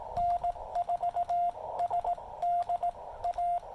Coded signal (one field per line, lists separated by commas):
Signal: Morse code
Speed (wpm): 17 wpm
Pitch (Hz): 700 Hz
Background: radio noise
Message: N4SDA